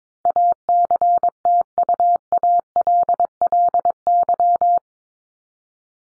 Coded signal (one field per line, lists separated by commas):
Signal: Morse code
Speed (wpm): 22 wpm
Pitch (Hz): 700 Hz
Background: none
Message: ACTUALLY